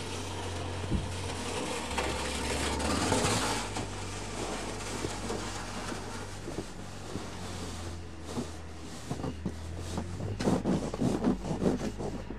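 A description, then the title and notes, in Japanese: Snow being cleared from a roof: a steady scraping rush fills the first few seconds, with a low engine-like hum running underneath. After about eight seconds the sound breaks into choppy, irregular scrapes and thumps, growing louder near the end. 湯治場ラジオ 雪下ろしASMR。村井六助さんでの雪下ろしの音を配信します。会話はありません。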